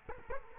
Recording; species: mosquito wingbeat signal from an infrared sensor; Culex quinquefasciatus